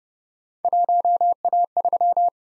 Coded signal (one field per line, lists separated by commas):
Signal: Morse code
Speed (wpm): 30 wpm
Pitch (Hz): 700 Hz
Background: none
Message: 1A3